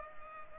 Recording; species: mosquito wingbeat signal from an infrared sensor; Culex pipiens